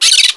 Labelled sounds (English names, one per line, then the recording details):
Brown-throated Parakeet contact call
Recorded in Margarita
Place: San Francisco, near stadium
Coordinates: 11.018, -64.294